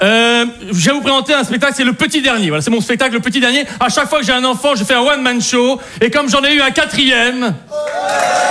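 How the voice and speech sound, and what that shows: A comedian speaks French fluently and expressively to an audience on stage at the Apollo Théâtre, in clear, ordinary speech, with brief crowd sound at the end.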